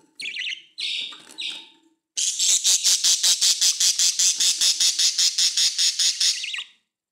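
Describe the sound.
Budgerigar calls: a few warbled squawks, then a long harsh buzzing chatter in quick regular pulses lasting about four seconds.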